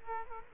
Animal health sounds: mosquito wingbeat signal from an infrared sensor; Culex quinquefasciatus

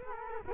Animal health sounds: mosquito wingbeat signal from an infrared sensor; Culex quinquefasciatus

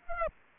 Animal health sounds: mosquito wingbeat signal from an infrared sensor; Aedes aegypti

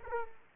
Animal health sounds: mosquito wingbeat signal from an infrared sensor; Aedes aegypti

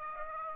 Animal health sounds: mosquito wingbeat signal from an infrared sensor; Aedes aegypti

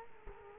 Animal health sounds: mosquito wingbeat signal from an infrared sensor; Culex quinquefasciatus

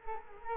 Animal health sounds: mosquito wingbeat signal from an infrared sensor; Culex quinquefasciatus

